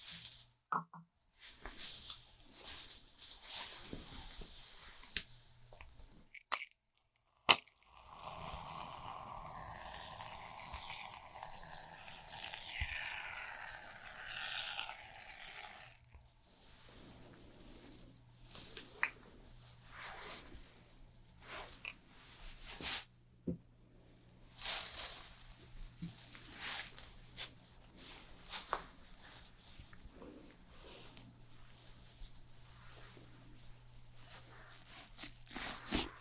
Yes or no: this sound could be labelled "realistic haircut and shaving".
yes